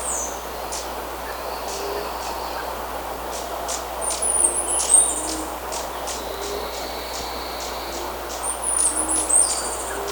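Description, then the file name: Bird calls: two bouts of thin, high squeaky notes, accompanied by scattered clicks and faint buzzy tones over low scattered notes and hiss. "SABIOD 50 bird 2015"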